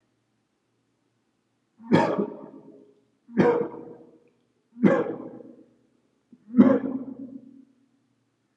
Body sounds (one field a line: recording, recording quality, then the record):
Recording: shallow voluntary cough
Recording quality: moderate, slight background noise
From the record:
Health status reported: healthy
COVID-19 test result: negative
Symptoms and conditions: cough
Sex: male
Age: 34 years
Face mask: not worn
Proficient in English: yes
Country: India